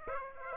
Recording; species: mosquito wingbeat signal from an infrared sensor; Aedes aegypti